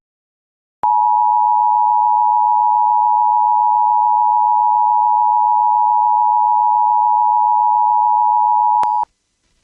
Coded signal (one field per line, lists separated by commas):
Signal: Emergency Alert System (SAME) tones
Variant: 853 and 960 Hz attention tone